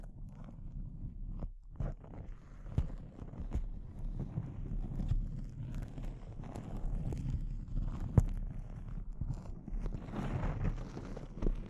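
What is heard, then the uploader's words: Intense close-up crinkles run throughout, a dense, uneven crackling with a steady low rumble underneath. Sharp snaps punch through at irregular moments, notably near two, three and a half, and eight seconds, with brighter rustling swells toward the end. ASMR Intense Close-Up Crinkles (No Talking).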